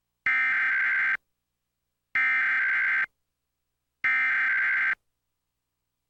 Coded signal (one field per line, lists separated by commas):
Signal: Emergency Alert System (SAME) tones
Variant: header bursts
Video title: Comcast Emergency Alert System - Required Monthly Test (October 25, 2023)